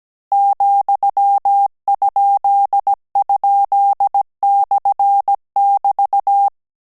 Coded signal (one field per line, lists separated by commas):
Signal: Morse code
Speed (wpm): 17 wpm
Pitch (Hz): 800 Hz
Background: none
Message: ,??/<BT>